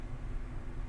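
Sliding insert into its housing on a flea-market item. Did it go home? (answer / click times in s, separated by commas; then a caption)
no / none. A sliding insert on a flea-market item, which has no release button, is being slid toward its slot in its housing against a steady low-frequency rumble and broadband background noise, with no sharp transients. Nothing has seated or clicked yet; the part is not yet home.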